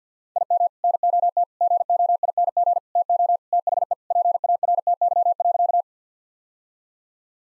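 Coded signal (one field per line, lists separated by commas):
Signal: Morse code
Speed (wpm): 50 wpm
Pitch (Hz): 700 Hz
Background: none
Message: IM NOT GOING TO THE PARTY.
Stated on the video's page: Morse practice sets at 50 wpm: sentences with common three-word phrases, each sent, then spoken, then sent again for head-copy.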